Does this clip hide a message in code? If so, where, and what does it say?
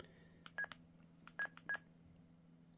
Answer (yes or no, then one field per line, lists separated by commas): no